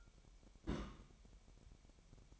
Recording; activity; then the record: daily activity, microphone in the room; place on stove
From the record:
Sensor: 1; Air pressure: 1012.1 hPa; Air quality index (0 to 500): 222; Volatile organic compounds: 5 ppm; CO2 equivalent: 1775 ppm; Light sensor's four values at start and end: 73/174/74/78 and 74/175/74/79